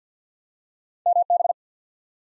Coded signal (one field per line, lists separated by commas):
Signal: Morse code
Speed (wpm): 51 wpm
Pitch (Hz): 700 Hz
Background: none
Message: MB